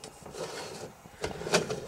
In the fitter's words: kind of twist that around till it locks in place